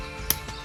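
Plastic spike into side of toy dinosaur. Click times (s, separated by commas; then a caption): 0.3 s. A second plastic spike is pressed into the other side of a Kentrosaurus toy dinosaur figure and clicks into place at 0.3 s with a short, sharp snap. A faint, softer tick follows around 0.5 s over a quiet background, and the spike is seated.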